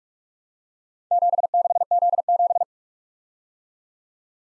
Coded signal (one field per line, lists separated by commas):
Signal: Morse code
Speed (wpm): 51 wpm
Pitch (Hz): 700 Hz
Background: none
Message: 76Z7